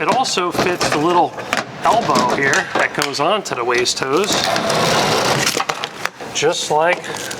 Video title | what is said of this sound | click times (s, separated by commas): EXCITING New 2025 Airstream Flying Cloud 27FB Midnight Flamingo Edition | that snaps right in | 5.7 s, 6.0 s